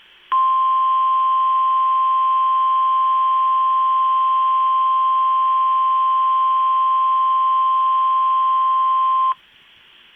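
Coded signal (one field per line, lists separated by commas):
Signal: Emergency Alert System (SAME) tones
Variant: 1050 Hz attention tone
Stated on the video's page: EAS Required Weekly Test tones from a weather radio station.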